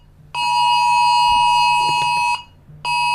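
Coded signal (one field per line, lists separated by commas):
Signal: Emergency Alert System (SAME) tones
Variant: 853 and 960 Hz attention tone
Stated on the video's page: Fictional analog horror EAS alert.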